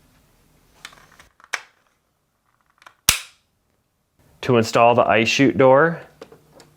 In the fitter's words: edge rotating and pushing until the tabs snap back in place